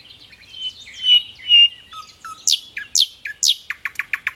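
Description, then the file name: Thrush nightingale song starting with soft piping whistles, then loud downslurred notes, speeding into a quick series of sharp repeated clicks. "canto do rouxinol de tordo"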